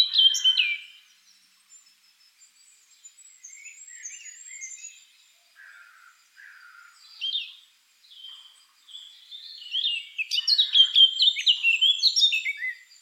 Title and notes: Eurasian blackcap. Черноголовая славка by deepsweet